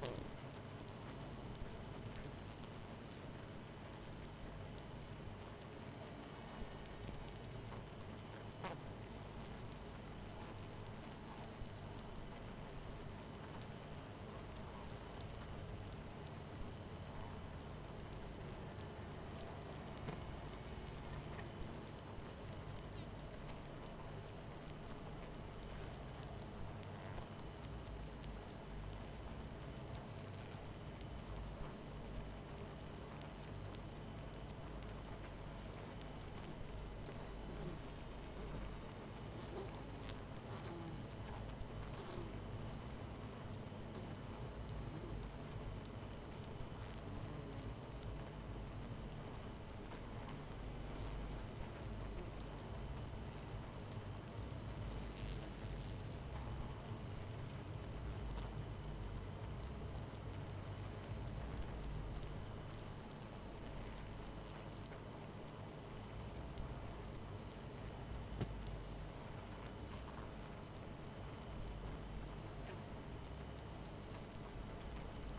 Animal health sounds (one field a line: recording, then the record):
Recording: honeybee colony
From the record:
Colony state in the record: missing queen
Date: 14 July 2017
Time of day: 23:21